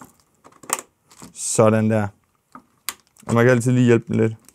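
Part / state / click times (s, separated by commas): memory module into motherboard DIMM slot / not seated / none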